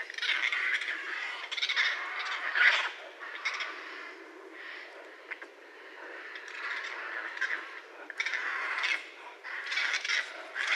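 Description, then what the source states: Raccoon chittering: harsh, raspy squawks and churrs in irregular bursts, rising and falling in loudness throughout, with short quieter gaps between rough outbursts. Recorded 30 January 2012.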